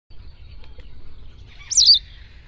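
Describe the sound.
Bird utters a single brief, shrill, wavering call late after quiet background hum.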